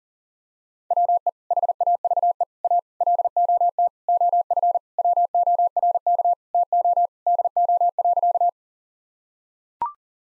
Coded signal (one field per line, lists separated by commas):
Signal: Morse code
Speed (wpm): 40 wpm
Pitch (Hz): 700 Hz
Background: none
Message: WE HAVE A LOT OF WORK TO DO.